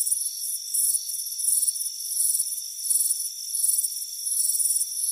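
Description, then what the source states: Cricket chirps, high-pitched, in quick pulsing bursts above a continuous thin drone. Crickets chirping on a warm afternoon on a front porch.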